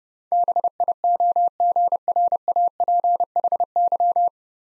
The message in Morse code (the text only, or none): BIOGRAPHY